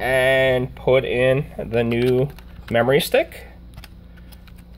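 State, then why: Seated. Someone talks while a new RAM memory stick is put into the SO-DIMM slot of an HP Elitebook 840 laptop and pressed down. After the talking stops, a few faint ticks are heard, with a sharp click at 3.8 s as the side clips hold the module and it seats.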